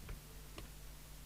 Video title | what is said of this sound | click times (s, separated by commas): Midland 2001 CB27/81 UK FM CB radio - extensive repair & alignment | and latch, and that's it, we're done. | 0.6 s